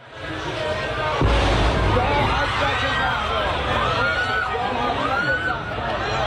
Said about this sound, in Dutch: Ja, je hoort duidelijk een ontploffing en mensen die gillen, veel paniek.